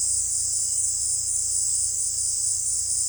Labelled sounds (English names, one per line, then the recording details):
none
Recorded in secondary vegetation near Puerto Asís, Putumayo, Colombia, on 18 December 2024 at 18:00
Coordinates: 0.499, -76.323
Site G010